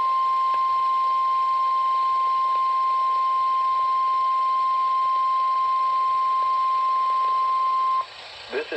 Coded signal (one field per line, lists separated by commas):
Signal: Emergency Alert System (SAME) tones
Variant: 1050 Hz attention tone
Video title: Required Weekly Test | EAS #64